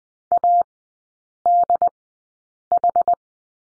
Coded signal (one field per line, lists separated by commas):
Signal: Morse code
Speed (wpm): 20 wpm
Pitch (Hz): 700 Hz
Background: none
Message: ADH